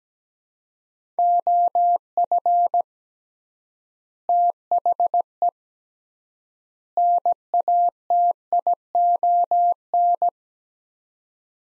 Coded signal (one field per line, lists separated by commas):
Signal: Morse code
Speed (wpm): 17 wpm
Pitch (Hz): 700 Hz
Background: none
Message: OF THE NATION